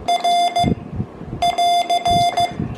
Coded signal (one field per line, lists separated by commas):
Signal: Morse code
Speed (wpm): 15 wpm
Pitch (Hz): 3500 Hz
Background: none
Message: R <AR>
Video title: Small, lightweight morse code keys for portable CW QRP operations with my HB1B